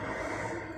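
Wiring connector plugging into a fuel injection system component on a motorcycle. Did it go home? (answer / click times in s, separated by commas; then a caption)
no / none. A wiring connector is being pushed carefully back into a fuel injection system component on a motorcycle's EFI/PGM-FI fuel system. A steady, breathy noise fills the 0.8-second clip, with no distinct transients. Nothing has seated or clicked yet.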